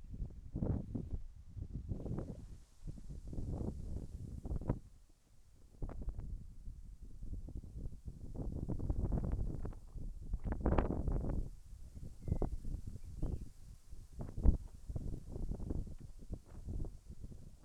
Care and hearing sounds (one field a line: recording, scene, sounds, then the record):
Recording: everyday scene through a hearing-aid microphone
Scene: wind on the microphone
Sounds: wind, whistling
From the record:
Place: in front of a rural house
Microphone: behind the ear, left, rear